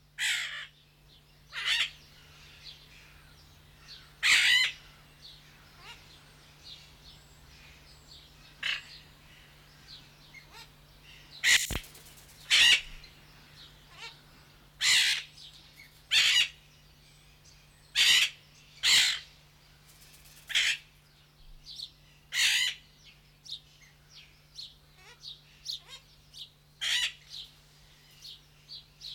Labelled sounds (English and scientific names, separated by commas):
Golden-collared Macaw (Primolius auricollis)